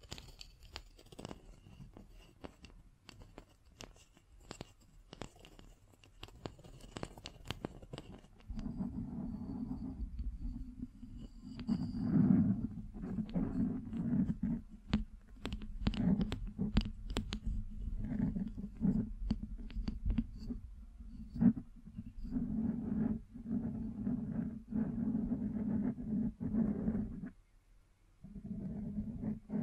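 Scratching and tapping sounds, with sharp clicks and taps scattered through the first eight seconds. After that a steady low rubbing or tracing texture takes over, dense and continuous, broken by more taps, with a brief pause near the end.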